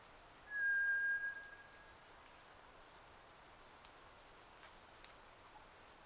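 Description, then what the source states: White's thrush song: a long, thin, level whistle, then a higher pure whistle after a pause of a few seconds, over steady hiss. Recorded 31 May 2009 at 02:58, at night in rain.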